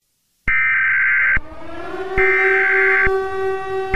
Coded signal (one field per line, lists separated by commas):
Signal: Emergency Alert System (SAME) tones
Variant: header bursts